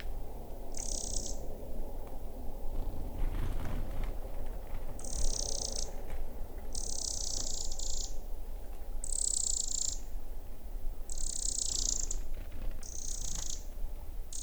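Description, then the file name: Eurasian wren repeating dry, buzzy high-pitched rattles, about six bursts at irregular intervals, over low rumbling background noise. "Troglodytes troglodytes"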